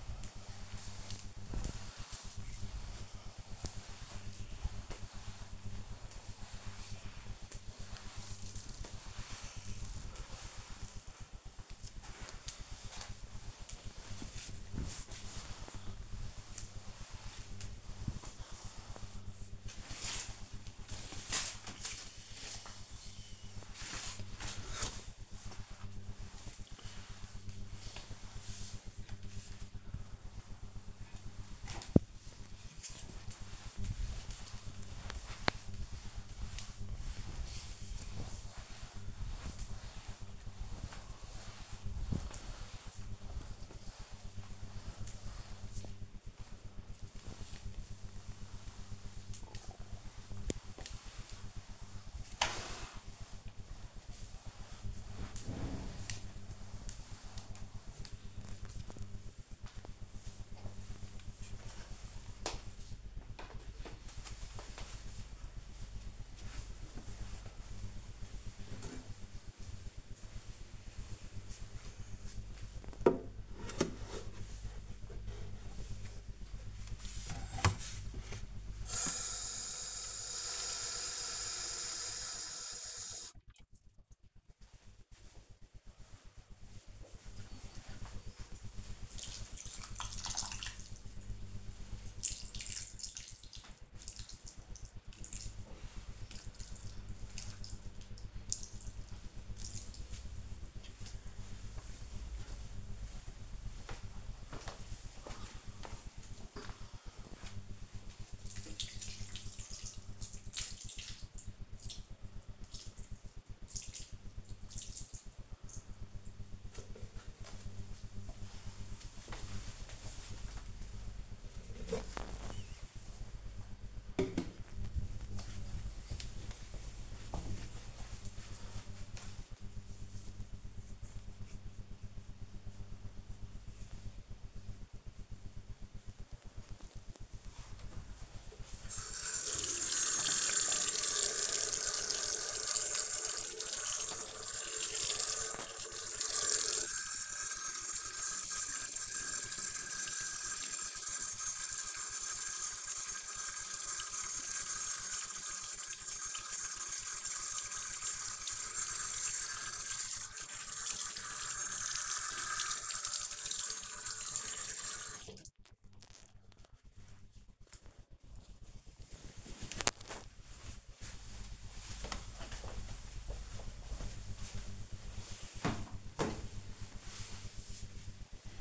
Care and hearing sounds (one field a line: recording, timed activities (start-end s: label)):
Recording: household activities, microphone on the right wrist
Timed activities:
0.00-60.18 s: floor cleaning
76.26-116.44 s: watering plant
137.54-165.66 s: washing hands